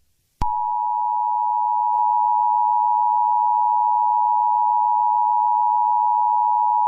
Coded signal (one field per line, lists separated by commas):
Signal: Emergency Alert System (SAME) tones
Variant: 853 and 960 Hz attention tone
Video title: EAS Scenario #99: Cacophony